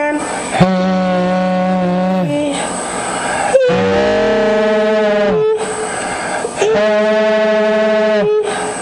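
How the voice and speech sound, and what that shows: An adult's three sustained vowels of about two seconds each, strained and unsteady, with a split, doubled pitch in the middle one and a steady high stroboscope tone between them. This is dysphonia from both vocal folds stiffened after hydroxylapatite injection. The left fold moves as a block rather than being pliable, and with bilateral opposing stiffness phonation threshold pressures are high.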